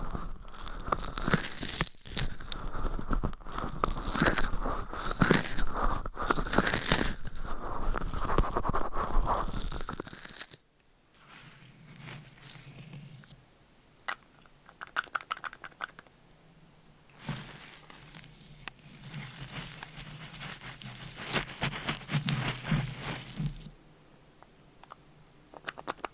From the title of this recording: Scratching , Tapping & Massage with DIFFERENT Mics , Items & Nails